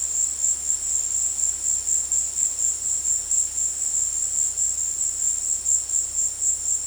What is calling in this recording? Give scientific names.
none